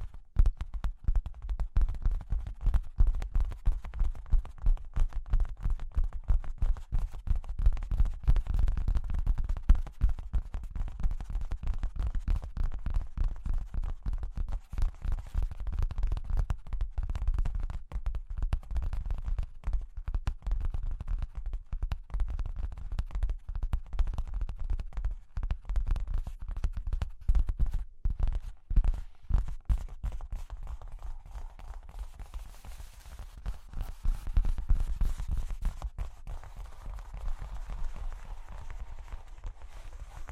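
Cork and wood tapped in dense, rapid, irregular knocks, mostly low and dull, with softer scratching and tracing sounds toward the end.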